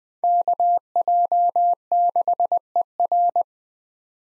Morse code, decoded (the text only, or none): KJ6ER